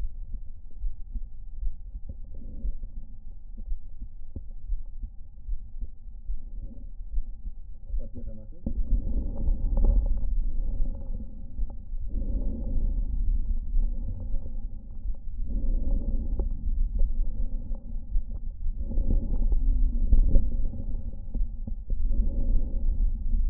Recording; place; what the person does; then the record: lung sounds by stethoscope; right anterior apical chest; quiet breathing, then deep breathing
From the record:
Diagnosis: pulmonary infection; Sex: male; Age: 86 years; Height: 165 cm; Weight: 65 kg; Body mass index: 23.9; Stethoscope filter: diaphragm mode